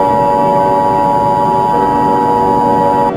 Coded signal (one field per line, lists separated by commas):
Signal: Emergency Alert System (SAME) tones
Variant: 853 and 960 Hz attention tone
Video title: EAS Scenario: Backrooms End of the World